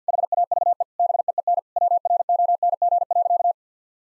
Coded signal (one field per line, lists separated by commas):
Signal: Morse code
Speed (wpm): 50 wpm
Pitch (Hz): 700 Hz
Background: none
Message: HAVE BEEN WRONG.